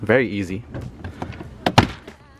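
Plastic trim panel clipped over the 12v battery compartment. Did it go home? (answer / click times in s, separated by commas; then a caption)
released / 1.7 s, 1.8 s. Someone talks, then lifts the plastic trim panel clipped over the 12V battery compartment of a Tesla Model 3 up and off by hand. Two sharp pops at 1.7 s and 1.8 s are heard as its plastic retaining clips pop free and the panel releases.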